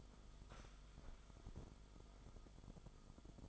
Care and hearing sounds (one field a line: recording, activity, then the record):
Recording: daily activity, microphone in the room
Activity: sit down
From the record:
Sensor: 5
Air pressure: 1005.1 hPa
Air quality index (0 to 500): 105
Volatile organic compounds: 2 ppm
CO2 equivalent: 1285 ppm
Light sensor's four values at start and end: 34/79/32/30 and 34/79/32/30